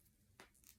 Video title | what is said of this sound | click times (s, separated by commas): COVID Test | now you're going to want to click on the filter tip | 0.4 s